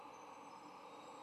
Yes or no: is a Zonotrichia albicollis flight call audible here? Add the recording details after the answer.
no. No flight call is heard. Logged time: 03:11 on 9 November 2014